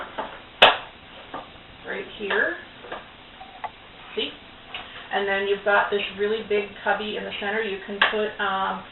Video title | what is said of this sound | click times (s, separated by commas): Ultimate Storage Tower Part 4- Shelves & Drawers | here is going to lock into place on top | 0.6 s